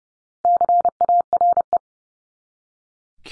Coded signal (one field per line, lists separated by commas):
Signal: Morse code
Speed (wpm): 30 wpm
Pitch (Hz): 700 Hz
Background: none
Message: CARE